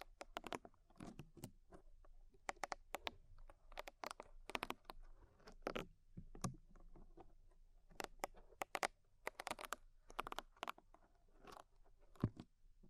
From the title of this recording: Tingly Ear Cleaning Rhinestone & Clay Removal